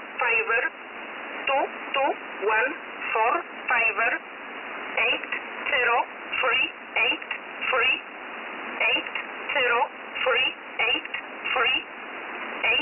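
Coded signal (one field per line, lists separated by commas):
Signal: numbers station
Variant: E11 Oblique, English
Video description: E11 is a very active Polish number station, broadcasting since the 80s. The name "Oblique" comes from the expression for "/", is part of "Polish 11" and is its English mode.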